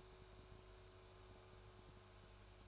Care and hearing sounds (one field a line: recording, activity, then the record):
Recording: daily activity, microphone in the room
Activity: make coffee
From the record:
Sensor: 2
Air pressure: 1014.6 hPa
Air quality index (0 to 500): 189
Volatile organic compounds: 17 ppm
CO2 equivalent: 2592 ppm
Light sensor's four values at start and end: 4/10/3/4 and 4/10/3/4